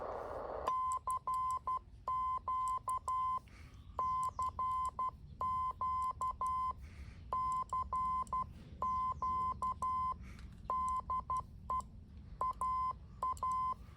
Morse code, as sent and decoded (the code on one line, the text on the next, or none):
-.-. --.- / -.-. --.- / -.-. --.- / -.. . / .- .-
CQ CQ CQ DE AA